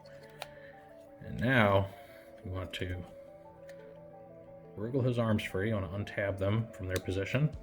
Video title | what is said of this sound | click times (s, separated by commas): Transformers Review: Studio Series Blitzwing | i would say go ahead and flip the feet all the way up first until they pop into place | 0.4 s